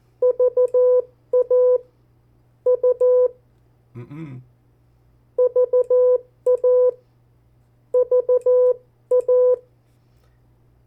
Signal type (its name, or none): Morse code